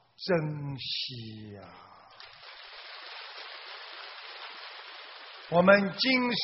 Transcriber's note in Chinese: 掌声